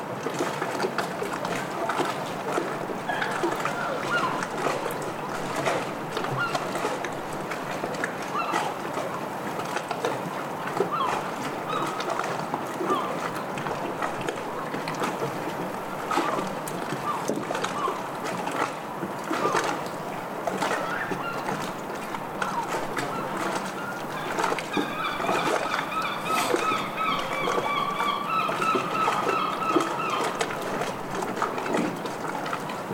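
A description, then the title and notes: Waves lap steadily against a harbour wall under a dense bed of murmuring chatter and clatter, with frequent small splashes and knocks throughout. Near the end, from about 25 seconds, a gull calls repeatedly in bright, rising cries above the wash. Stormy Harbour Ambiance | City of Bristol. Immerse yourself in the sounds of lapping waves, seagulls calling, and distant chatter. This field recording soundscape captures the vibrant ambiance of a stormy harbor.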